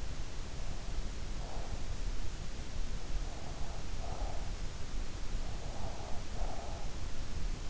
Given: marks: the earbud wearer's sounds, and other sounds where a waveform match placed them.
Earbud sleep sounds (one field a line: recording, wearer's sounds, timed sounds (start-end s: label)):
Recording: sounds in sleep by an in-ear microphone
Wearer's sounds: breath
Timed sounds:
2.49-4.82 s: breath
5.02-7.38 s: breath